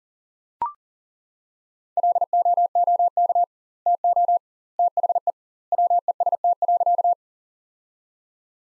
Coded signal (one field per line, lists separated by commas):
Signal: Morse code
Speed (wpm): 37 wpm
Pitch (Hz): 700 Hz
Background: none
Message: LOOK TO THE WEST.